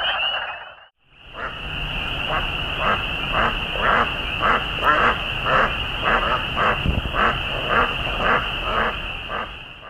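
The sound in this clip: Spring peeper chorus, a dense unbroken wall of high shrill peeps, with a lower pulsed croaking repeated about twice a second; a brief hush near the start.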